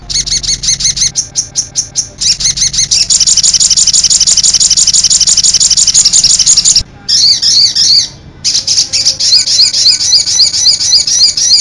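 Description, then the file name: Sogok ontong song in a fast, high-pitched chatter of clipped notes that runs into long continuous trills, with a few brief pauses. "sogok ontong rahmat januar afandi"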